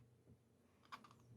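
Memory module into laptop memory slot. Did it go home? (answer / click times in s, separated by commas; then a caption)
yes / 1.0 s, 1.1 s. A RAM memory module is inserted at an angle into the memory slot of an HP 15-bw011dx laptop, then pressed down until the two metal holders on each side snap into place. Two quick, sharp clicks land together at about 1.1 s, showing the module is seated.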